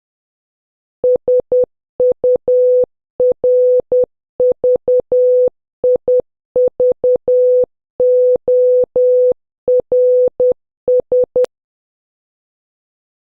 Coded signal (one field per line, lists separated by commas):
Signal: Morse code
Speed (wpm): 10 wpm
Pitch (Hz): 500 Hz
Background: none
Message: SURVIVORS